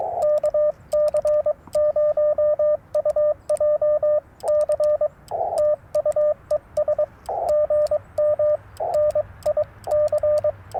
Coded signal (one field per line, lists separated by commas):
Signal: Morse code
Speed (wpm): 22 wpm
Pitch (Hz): 600 Hz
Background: radio noise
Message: KC0UJC TU ES GM NIC